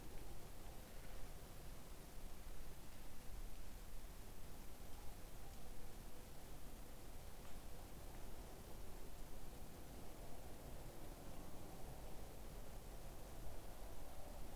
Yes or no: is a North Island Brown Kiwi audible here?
no